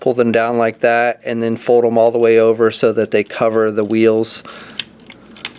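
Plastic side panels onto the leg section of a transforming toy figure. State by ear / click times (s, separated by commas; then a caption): seated / 5.5 s. Someone talks while plastic side panels near the back wheels on the leg section of a Transformers Masterpiece MP-30 Ratchet toy figure are pulled down and folded all the way over to cover the wheels. A few small clicks follow the speech, and the panels click into place at 5.4 s.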